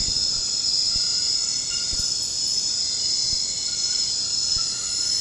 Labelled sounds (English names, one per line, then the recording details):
none
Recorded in dense forest near Puerto Asís, Putumayo, Colombia, on 18 February 2024 at 00:00
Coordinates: 0.472, -76.329
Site G6394